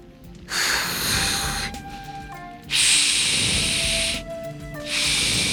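Dashi stock made from freshly shaved bonito flakes simmering in a large pot, heard as loud surges of airy, steamy hiss that swell and ease back in three broad waves, with a faint, thin whistling tone threaded underneath.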